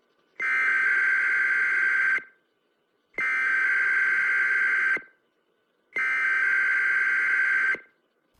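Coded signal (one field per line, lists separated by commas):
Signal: Emergency Alert System (SAME) tones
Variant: header bursts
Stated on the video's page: EAS tones played at normal speed and slowed from 0.2x to 0.9x.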